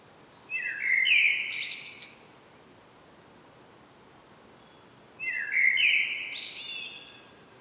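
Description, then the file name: Common blackbird song of two short phrases: a low fluting warble rising into a high, scratchy twitter, repeated after a pause of a few seconds. "Turdus merula"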